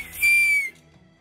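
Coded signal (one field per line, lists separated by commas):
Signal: whistled language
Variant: Turkish Kuş dili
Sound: a single short whistle rising slightly, holding, then dipping at the end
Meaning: Hello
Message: Merhaba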